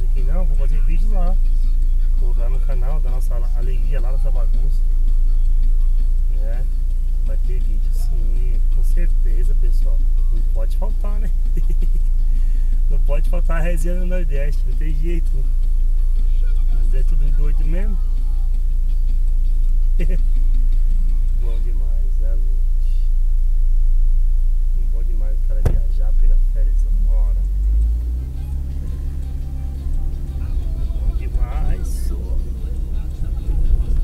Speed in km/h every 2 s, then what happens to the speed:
0, 0, 0, 0, 0, 0, 0, 0, 0, 0, 0, 0, 0, 7, 22, 30, 36.
0-25 standing. 25-34 pulls away to 36.